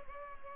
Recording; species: mosquito wingbeat signal from an infrared sensor; Culex pipiens